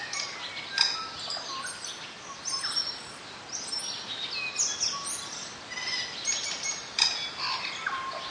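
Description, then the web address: Tui singing a busy mix of high whistled notes, sharp clicks and brief wheezes over constant background hiss. Northland bush, New Zealand. "Lynne Music Northland-Bush-Tui"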